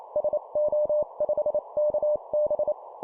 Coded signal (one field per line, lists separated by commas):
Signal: Morse code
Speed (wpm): 28 wpm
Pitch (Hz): 600 Hz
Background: none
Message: SO5KB